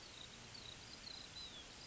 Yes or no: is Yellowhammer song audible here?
no